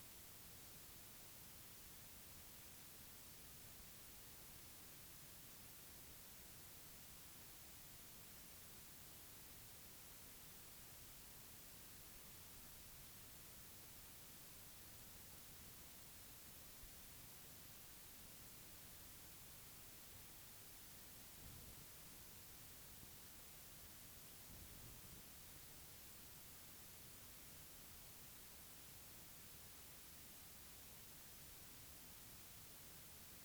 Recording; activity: daily activity, guitar pickup as the sensor; lie down